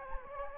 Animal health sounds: mosquito wingbeat signal from an infrared sensor; Anopheles gambiae

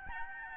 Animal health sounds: mosquito wingbeat signal from an infrared sensor; Aedes albopictus

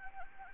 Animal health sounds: mosquito wingbeat signal from an infrared sensor; Anopheles arabiensis

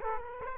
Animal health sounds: mosquito wingbeat signal from an infrared sensor; Culex quinquefasciatus

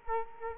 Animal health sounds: mosquito wingbeat signal from an infrared sensor; Culex quinquefasciatus

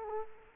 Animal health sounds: mosquito wingbeat signal from an infrared sensor; Culex quinquefasciatus

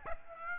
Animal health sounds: mosquito wingbeat signal from an infrared sensor; Aedes aegypti

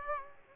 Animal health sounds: mosquito wingbeat signal from an infrared sensor; Aedes aegypti

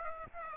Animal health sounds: mosquito wingbeat signal from an infrared sensor; Aedes aegypti

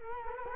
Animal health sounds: mosquito wingbeat signal from an infrared sensor; Culex quinquefasciatus

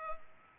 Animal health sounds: mosquito wingbeat signal from an infrared sensor; Culex pipiens

